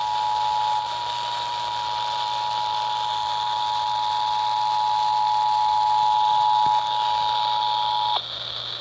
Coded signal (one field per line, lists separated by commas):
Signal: Emergency Alert System (SAME) tones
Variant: 853 and 960 Hz attention tone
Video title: DC Monthly May 2022, North Anna Q2 2022 RMT, and a perfectly timed hint of Sterling(EAS 2,619-2,659)